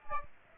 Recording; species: mosquito wingbeat signal from an infrared sensor; Aedes aegypti